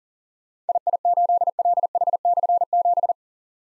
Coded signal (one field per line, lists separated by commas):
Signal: Morse code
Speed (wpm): 39 wpm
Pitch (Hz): 700 Hz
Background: none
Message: II8LH/7